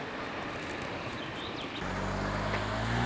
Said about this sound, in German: Noch eben das Auto abwarten. Jetzt kommt das nächste Auto. Noch ein Auto abwarten. Kommt wieder ein Auto.